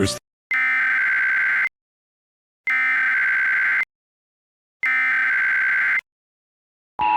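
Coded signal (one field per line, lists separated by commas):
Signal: Emergency Alert System (SAME) tones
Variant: header bursts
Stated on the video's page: Recreation containing valid EAS tones.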